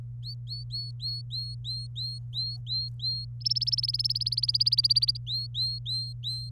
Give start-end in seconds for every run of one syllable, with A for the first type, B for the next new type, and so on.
0.23-3.25 A, 3.40-5.17 B, 5.27-6.50 A